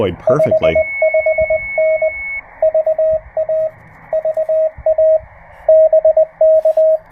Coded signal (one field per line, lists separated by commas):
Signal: Morse code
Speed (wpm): 20 wpm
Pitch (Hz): 630 Hz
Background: speech, radio noise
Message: 55N VA VA BK